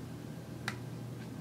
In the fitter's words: it click down into the key position and then it